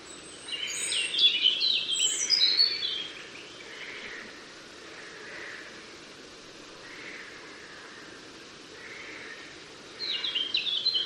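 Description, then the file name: European robin song, a high, sweet tumble of warbled notes at the start, softer lower notes in between, then another bright burst near the end. "Erithacus rubecula"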